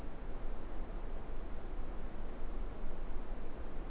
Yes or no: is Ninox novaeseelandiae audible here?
no